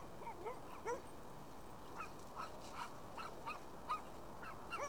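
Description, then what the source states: Dogs barking, a run of short yelping barks over constant background hiss. More than one dog barking.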